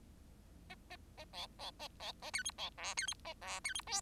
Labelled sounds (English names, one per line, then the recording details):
Bengalese Finch song
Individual Bird10